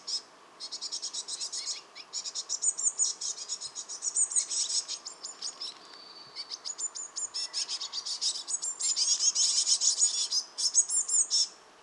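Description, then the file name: Eurasian blue tit giving high, thin chattering bursts of rapid repeated notes, near-continuous with brief pauses. "Cyanistes caeruleus"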